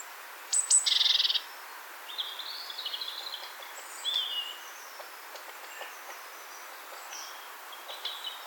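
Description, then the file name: Great tit giving high thin notes leading into a brief buzzy churr, followed by softer chirps and twitters. "Parus major"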